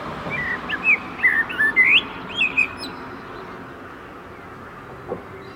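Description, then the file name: Common blackbird giving a short run of mellow whistled and warbled notes for about two seconds, then near silence with faint background hiss. "Turdus merula"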